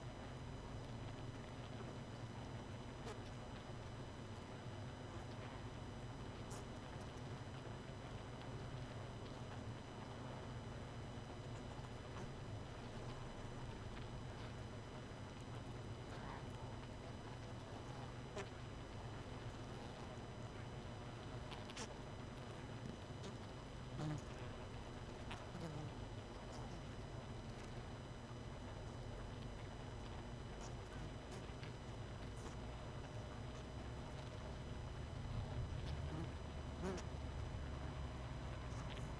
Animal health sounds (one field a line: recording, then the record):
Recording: honeybee colony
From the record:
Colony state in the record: missing queen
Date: 31 May 2018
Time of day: 23:19